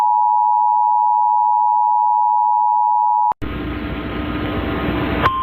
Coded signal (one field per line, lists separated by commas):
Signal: Emergency Alert System (SAME) tones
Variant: 853 and 960 Hz attention tone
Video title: Real EAS Alert #29 (10/9/24)